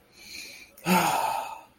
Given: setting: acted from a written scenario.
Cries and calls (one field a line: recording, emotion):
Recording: vocal sound without words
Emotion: relief